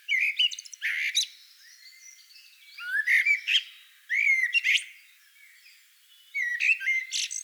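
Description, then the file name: Eurasian blackbird producing short outbursts of high squeals and twitters, four separate bursts with quiet pauses between them. "Turdus merula"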